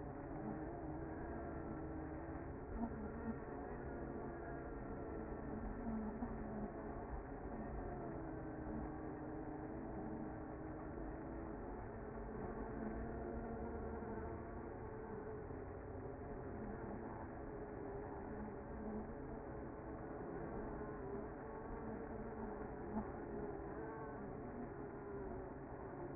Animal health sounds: honeybee colony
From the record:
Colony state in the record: active

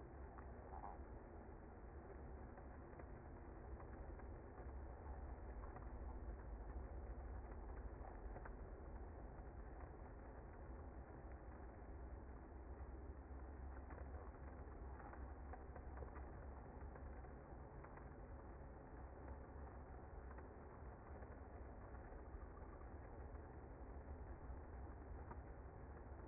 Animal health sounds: honeybee colony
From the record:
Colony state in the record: active

